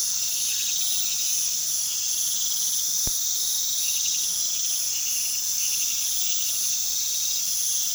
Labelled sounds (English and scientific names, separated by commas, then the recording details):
none
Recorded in pastures near Puerto Asís, Putumayo, Colombia, on 18 February 2024 at 01:00
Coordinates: 0.468, -76.328
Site G6414